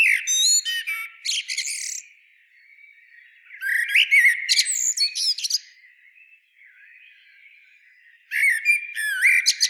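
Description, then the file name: Common blackbird song in three bursts, each a warble topped by thin, squeaky twittering notes, separated by quieter pauses. "Turdus merula"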